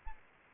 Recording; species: mosquito wingbeat signal from an infrared sensor; Aedes albopictus